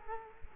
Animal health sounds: mosquito wingbeat signal from an infrared sensor; Culex quinquefasciatus

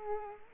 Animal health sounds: mosquito wingbeat signal from an infrared sensor; Culex quinquefasciatus

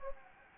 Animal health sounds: mosquito wingbeat signal from an infrared sensor; Anopheles gambiae

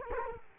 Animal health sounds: mosquito wingbeat signal from an infrared sensor; Culex quinquefasciatus

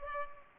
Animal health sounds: mosquito wingbeat signal from an infrared sensor; Culex pipiens

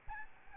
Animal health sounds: mosquito wingbeat signal from an infrared sensor; Aedes albopictus

